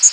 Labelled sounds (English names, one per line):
Chestnut-sided Warbler flight call